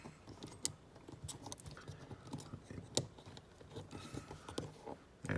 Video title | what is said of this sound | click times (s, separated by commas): Introducing the new Hinderer Tri-Way Pivot System at USA Made Blade | we go snapped in everywhere | 0.6 s, 3.0 s